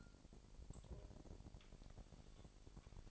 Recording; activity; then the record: daily activity, microphone in the room; take from stove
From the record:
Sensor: 5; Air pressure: 1012.2 hPa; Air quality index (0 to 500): 236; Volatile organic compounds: 4 ppm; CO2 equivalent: 1567 ppm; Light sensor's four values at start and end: 51/117/50/53 and 51/117/50/53